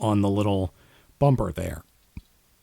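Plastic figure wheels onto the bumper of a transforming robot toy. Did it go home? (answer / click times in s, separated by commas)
yes / 2.2 s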